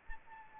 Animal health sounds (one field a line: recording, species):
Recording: mosquito wingbeat signal from an infrared sensor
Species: Anopheles arabiensis